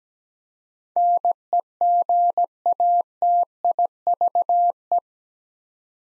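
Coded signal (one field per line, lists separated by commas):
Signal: Morse code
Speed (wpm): 17 wpm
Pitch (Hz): 700 Hz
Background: none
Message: NEGATIVE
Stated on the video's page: Morse practice at 17 wpm building 8-letter words two letters at a time, for instant character recognition.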